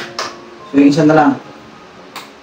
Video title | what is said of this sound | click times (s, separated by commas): MARAMING SALAMAT PO MGA SPONSORS AT SA KBF, AND GOD BLESS ♥️💪 | yan o galing yan po mga kab nag-lock na po siya oh | 2.2 s